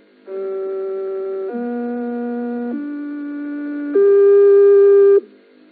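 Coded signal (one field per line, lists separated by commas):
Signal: numbers station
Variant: G08 interval signal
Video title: Zahlensender/Number Station "G08" (4 Note Rising Scale/Magdeburg Annie) DDR/GDR (1980)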